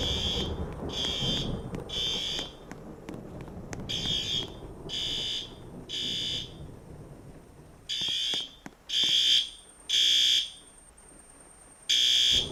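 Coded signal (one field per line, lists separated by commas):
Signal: alarm pattern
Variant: System Sensor horn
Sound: harsh buzzing fire alarm horn blasting in repeated half-second bursts with brief pauses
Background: indoor mall ambience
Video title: Seyper Mall Fire Alarm Testing | Sneak Peak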